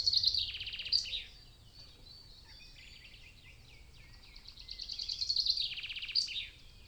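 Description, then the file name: Birds (mixed species): bird song at dawn: high, fast trilled and chattering phrases, with a pause between two bursts and softer buzzy notes in the gap, against low background hum. European wetland dawn chorus, stereo binaural recording. "Nature European-Wetland Dawn-Chorus"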